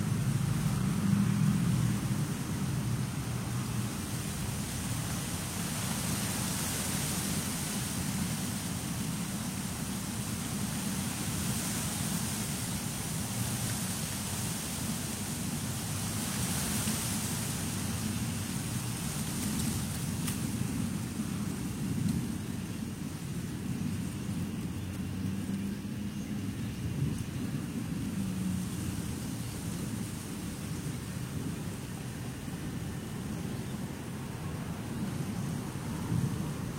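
Wind blows through trees in a steady, dense rush that holds for the whole stretch, with a low rumble underneath and a thin hiss on top. Gusts swell gently around the fifth and seventeenth seconds, but the roar never drops away.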